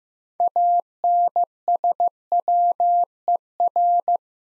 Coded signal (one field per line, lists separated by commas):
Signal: Morse code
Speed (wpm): 16 wpm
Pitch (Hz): 700 Hz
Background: none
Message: ANSWER